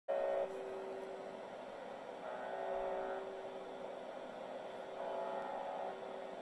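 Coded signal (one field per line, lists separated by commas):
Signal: channel marker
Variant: UVB-76 (The Buzzer)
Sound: radio static with a steady low hum and faint roughly one-second buzzes repeating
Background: radio static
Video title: The Buzzer. Russian Military TX.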